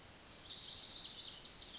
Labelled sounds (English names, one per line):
Lazuli Bunting